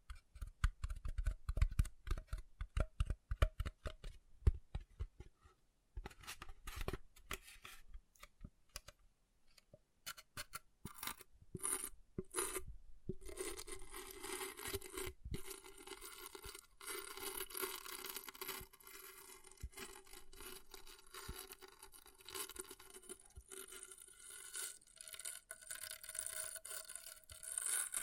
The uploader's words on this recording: ASMR Brain Melting Object Scratching (No Talking).